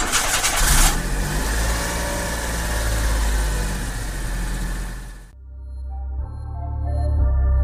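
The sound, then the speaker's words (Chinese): A car engine cranks with a brief rough burst, then catches and roars loudly for several seconds before dropping to a lower, steady idle rumble. “引擎吹了起”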